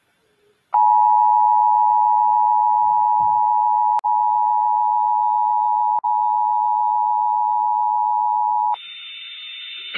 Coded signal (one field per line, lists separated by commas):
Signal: Emergency Alert System (SAME) tones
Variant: 853 and 960 Hz attention tone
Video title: A LONG OVERDUE COMPILATION: EAS Alerts From 5/13/24 EAS #708-723